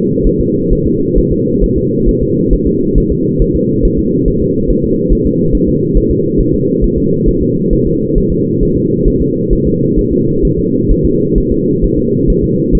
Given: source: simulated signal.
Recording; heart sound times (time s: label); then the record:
fetal heart sounds
0.27 s: S1
0.40 s: S2
0.73 s: S1
0.87 s: S2
1.18 s: S1
1.32 s: S2
1.64 s: S1
1.78 s: S2
2.09 s: S1
2.23 s: S2
2.53 s: S1
2.67 s: S2
2.98 s: S1
3.12 s: S2
3.42 s: S1
3.56 s: S2
3.85 s: S1
3.99 s: S2
4.28 s: S1
4.42 s: S2
4.70 s: S1
4.84 s: S2
5.12 s: S1
5.26 s: S2
5.55 s: S1
5.69 s: S2
5.97 s: S1
6.11 s: S2
6.41 s: S1
6.54 s: S2
6.84 s: S1
6.98 s: S2
7.29 s: S1
7.43 s: S2
7.73 s: S1
7.87 s: S2
8.18 s: S1
8.32 s: S2
8.63 s: S1
8.77 s: S2
9.08 s: S1
9.22 s: S2
9.53 s: S1
9.67 s: S2
9.99 s: S1
10.13 s: S2
10.45 s: S1
10.59 s: S2
10.91 s: S1
11.05 s: S2
11.38 s: S1
11.52 s: S2
11.84 s: S1
11.98 s: S2
12.30 s: S1
12.44 s: S2
12.75 s: S1
From the record:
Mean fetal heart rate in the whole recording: 135 bpm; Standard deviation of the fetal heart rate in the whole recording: 3 bpm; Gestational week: 36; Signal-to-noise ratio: -11.2 dB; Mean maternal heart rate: 72 bpm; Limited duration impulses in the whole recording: present